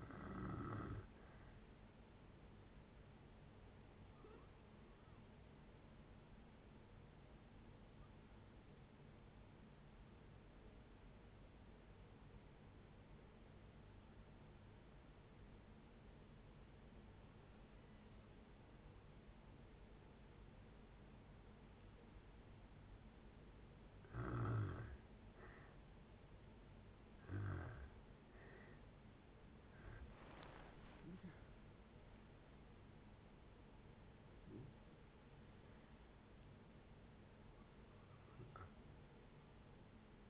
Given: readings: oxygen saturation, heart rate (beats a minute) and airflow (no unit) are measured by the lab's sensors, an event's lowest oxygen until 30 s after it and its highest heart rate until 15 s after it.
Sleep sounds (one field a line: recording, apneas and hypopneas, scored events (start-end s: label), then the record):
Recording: breathing in sleep by a voice recorder at the bedside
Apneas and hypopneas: 1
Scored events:
4.00-24.20 s: hypopnea (N1, oxygen 96% highest, then 85% lowest, heart rate 65 at the start, 79 highest)
14.00-40.30 s: new sleep stage, N2 (light sleep)
From the record:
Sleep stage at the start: N1 (lightest sleep)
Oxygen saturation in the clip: 85 to 96%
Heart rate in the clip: 57 to 79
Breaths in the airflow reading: 8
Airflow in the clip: -10.9 to 11.7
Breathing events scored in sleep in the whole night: 496 in 5.4 hours asleep